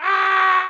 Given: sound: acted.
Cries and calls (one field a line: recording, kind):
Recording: vocal sound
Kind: scream